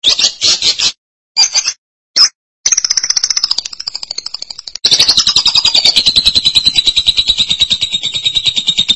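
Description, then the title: Lovebird making short harsh bursts, then a long rapid, buzzy pulsed trill that continues steadily for several seconds. "BM Suara Burung Lovebird"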